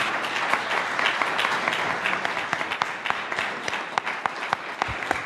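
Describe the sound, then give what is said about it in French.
A crowd applauds the event's speakers steadily, many hands clapping in a dense, crackling wash with sharper individual claps popping out toward the end, no voices over it. “Des applaudissements s'il vous plaît pour Bruno, Despina, Bertrand, Julia, ainsi que toute l'équipe ou presque de Podcast Science.”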